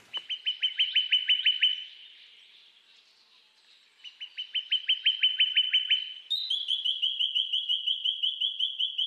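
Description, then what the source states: Australasian treecreeper song: a burst of rapid, evenly spaced piping notes, a pause, a second burst, then a steady run of repeated notes to the end. Australian songbird from an early lineage.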